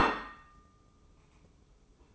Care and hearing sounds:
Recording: daily activity, microphone in the room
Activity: place plate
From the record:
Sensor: 1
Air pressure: 995.3 hPa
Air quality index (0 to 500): 28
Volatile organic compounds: 1 ppm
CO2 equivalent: 540 ppm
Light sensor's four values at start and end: 13/47/17/18 and 13/47/17/18

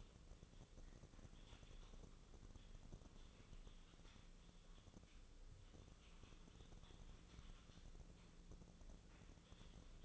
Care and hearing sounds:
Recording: daily activity, microphone in the room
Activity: typing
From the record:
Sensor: 4

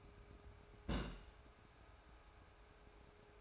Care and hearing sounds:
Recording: daily activity, microphone in the room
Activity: place on stove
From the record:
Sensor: 2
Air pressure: 1010.1 hPa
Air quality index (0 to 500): 159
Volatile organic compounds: 7 ppm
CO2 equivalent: 1998 ppm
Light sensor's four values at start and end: 41/100/44/50 and 41/100/44/50

